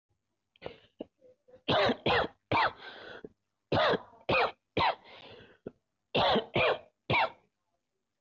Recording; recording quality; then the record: heavy voluntary cough; excellent, no background noise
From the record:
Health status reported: COVID-19 positive, mild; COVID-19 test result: positive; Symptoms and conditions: cough, sore throat, fever, pneumonia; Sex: male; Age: 32 years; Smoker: not ticked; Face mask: not worn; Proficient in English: yes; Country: India